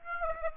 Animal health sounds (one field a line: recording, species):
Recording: mosquito wingbeat signal from an infrared sensor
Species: Aedes aegypti